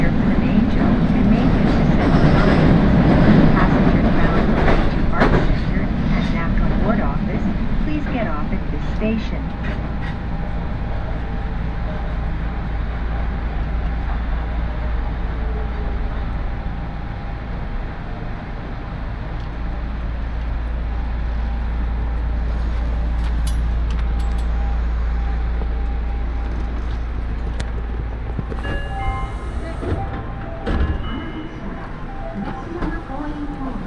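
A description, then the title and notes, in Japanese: A ride on the Aonami Line and Higashiyama Line in Nagoya, with a steady low rumble of the train running throughout. Brief voices come through in the first few seconds, and scattered clicks and rattles appear, with a sharp squeal and knock near thirty seconds. 鉄道旅 あおなみ線・東山線 金城ふ頭→荒子・高畑→名古屋。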